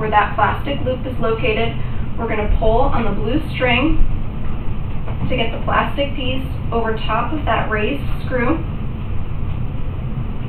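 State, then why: Not seated. Someone talks while a blue string is pulled to bring the plastic locking loop on the far side of a Jewett TLSO back brace, applied to a patient lying down, over a raised screw on the brace frame. Only speech over a steady low background is heard, with no distinct handling sounds. The loop has not snapped into place yet, and no click is heard.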